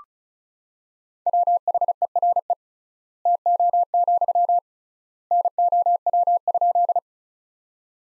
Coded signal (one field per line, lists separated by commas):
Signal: Morse code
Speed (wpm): 36 wpm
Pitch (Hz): 700 Hz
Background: none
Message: WHERE TO, NOW?